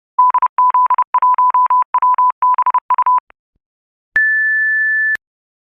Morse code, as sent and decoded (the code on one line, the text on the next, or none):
-.. --.. .---- .-- -... ..-
DZ1WBU